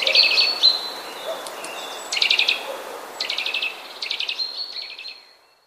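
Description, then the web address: Eurasian nuthatch giving quiet trills: short bursts of rapid, clipped high notes, several separate runs with brief pauses between, plus a few thin whistled notes. "wroblowe kowalik kowalikcichetryle"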